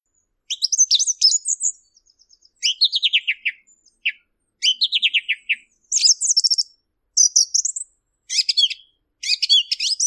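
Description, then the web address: Song thrush singing loud, varied phrases of sharp whistles and rapid repeated notes, each phrase about a second long, separated by short pauses. Recorded in 2023. "tordo bottaccio 2023"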